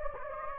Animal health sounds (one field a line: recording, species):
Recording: mosquito wingbeat signal from an infrared sensor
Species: Anopheles gambiae